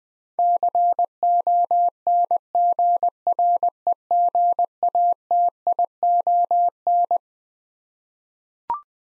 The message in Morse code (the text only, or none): CONGREGATION